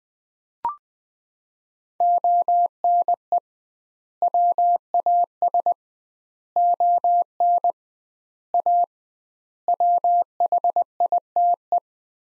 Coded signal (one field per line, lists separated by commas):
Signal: Morse code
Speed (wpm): 20 wpm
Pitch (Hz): 700 Hz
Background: none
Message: ONE WAS ON A WHITE